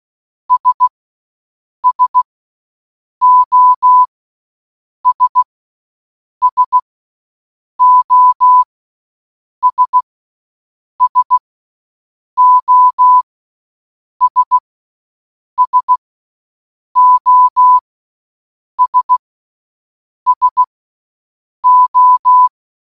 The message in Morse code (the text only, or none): S SOS SOS SOS SOS SO